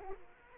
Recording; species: mosquito wingbeat signal from an infrared sensor; Culex quinquefasciatus